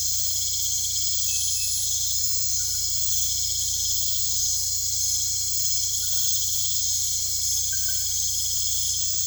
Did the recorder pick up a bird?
no